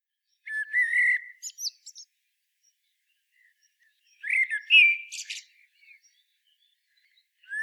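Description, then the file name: Common blackbird song with two fluty phrases, each ending in high, squeaky notes, and the start of a third phrase at the end. "Turdus merula"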